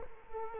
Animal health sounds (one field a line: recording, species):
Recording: mosquito wingbeat signal from an infrared sensor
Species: Culex quinquefasciatus